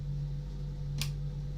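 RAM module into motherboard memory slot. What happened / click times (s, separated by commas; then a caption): The memory module's retention clips snapped shut, seating it in the slot / 1.0 s. A desktop RAM stick is pushed down on both ends into a motherboard DIMM slot over a steady low hum, and a single short, sharp click is heard at 1.0 s as the retention clips snap shut. The module is seated.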